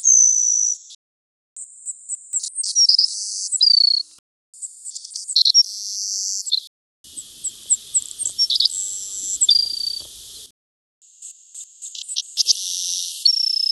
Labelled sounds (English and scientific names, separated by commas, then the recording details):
Savannah Sparrow (Passerculus sandwichensis) song
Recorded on Kent Island, New Brunswick, in 1993